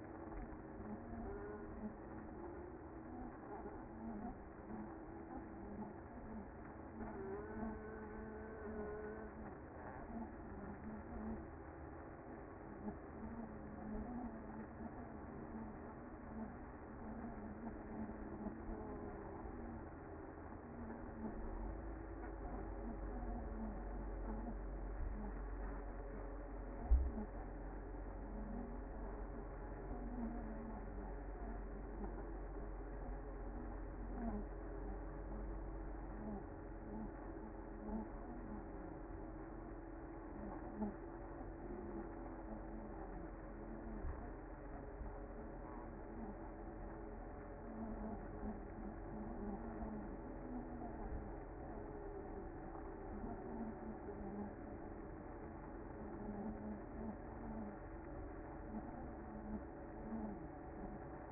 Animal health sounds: honeybee colony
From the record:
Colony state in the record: active

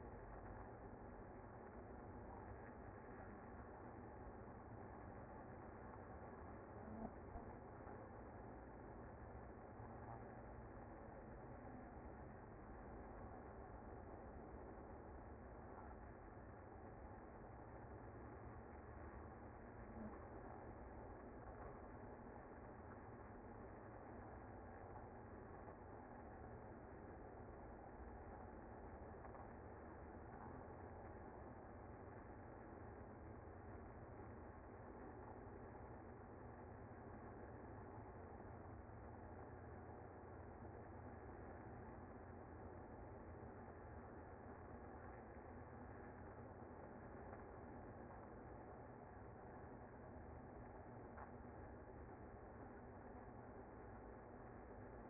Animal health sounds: honeybee colony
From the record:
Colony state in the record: active

